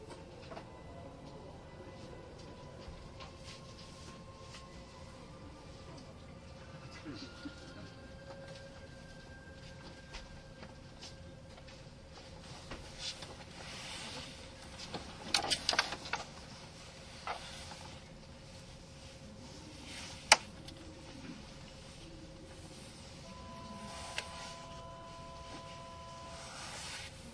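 Onboard a Kintetsu 80000 series Hinotori limited express, a steady low rumble runs throughout with a sustained tone that shifts upward in steps. Brief clicks and knocks occur, with a cluster of sharper bangs around fifteen seconds and another near twenty.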